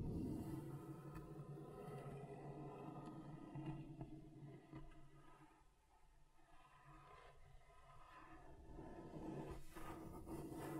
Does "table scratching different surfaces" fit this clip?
yes